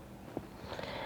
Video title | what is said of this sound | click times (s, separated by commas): عيالي حكموا عليا اقوم اعمل كل ده😱👩🏻‍🍳وانا متاخرتش عليهم ❗😍-حلويات السفر✈️💃 | الخلاط هنا كان معصلج معايا، هو ليه تكه كده، لازم تسمعي التكه عشان يشتغل، | 0.4 s